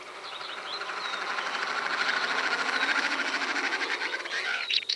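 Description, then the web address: Swinhoe's Snipe sound, a broad, rushing whirr that swells steadily and then breaks off, with a few high sharp notes at the end. "Swinhoe's snipe. صدای-پرنده-پاشلک-چینی"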